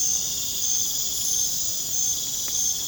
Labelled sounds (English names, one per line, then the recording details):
none
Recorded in pastures near Puerto Asís, Putumayo, Colombia, on 22 December 2024 at 20:30
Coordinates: 0.466, -76.322
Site G040